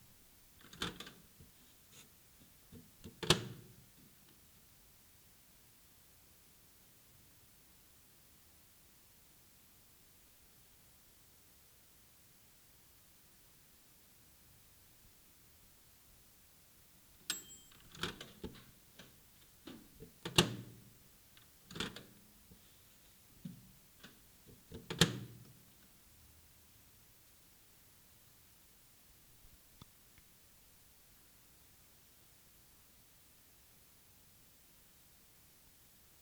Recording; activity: daily activity, guitar pickup as the sensor; use microwave